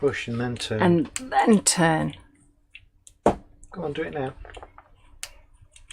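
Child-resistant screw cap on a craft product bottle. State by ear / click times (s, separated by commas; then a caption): released / 5.2 s. Someone talks while pushing down and turning a child-resistant screw cap on a small craft product bottle. There are a few faint taps, then a sharp click at 5.2 s as the cap releases and opens.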